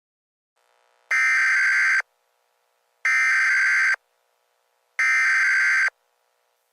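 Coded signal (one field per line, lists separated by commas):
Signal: Emergency Alert System (SAME) tones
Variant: header bursts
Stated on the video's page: Valid EAS tones in a fictional analog horror scenario.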